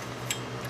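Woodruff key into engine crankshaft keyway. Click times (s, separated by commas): 0.3 s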